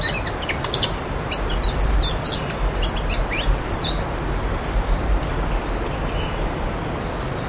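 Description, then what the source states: Ciung chattering song of quick, high chirps and sharp notes packed closely together, over steady low rumbling noise. Ngeriwik-style song.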